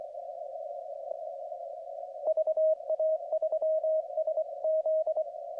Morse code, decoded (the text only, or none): VA3SZ